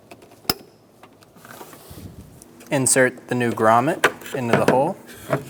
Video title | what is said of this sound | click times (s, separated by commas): How to Replace Drivers Side Tail Light 2014-2019 Toyota Highlander | push until you hear a click | 0.5 s